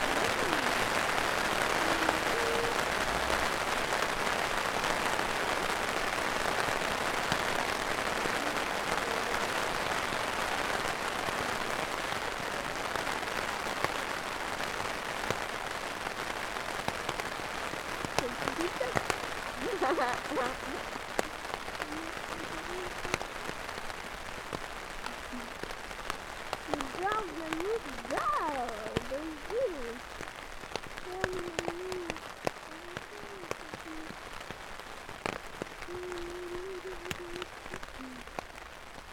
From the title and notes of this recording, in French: Un montage de sons d'ambiance pris au cours d'un voyage au Pays de Galles au mois de juillet.